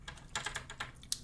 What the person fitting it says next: and then that locks in.